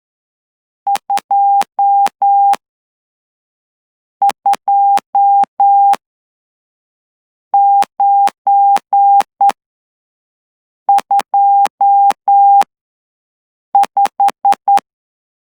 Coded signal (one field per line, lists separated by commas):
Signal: Morse code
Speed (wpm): 11 wpm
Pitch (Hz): 800 Hz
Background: none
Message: 22925